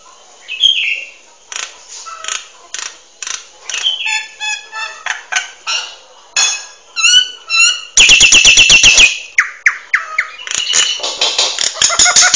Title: Burung Jalak Nias Gacor Suara Super Gledek Untuk Masteran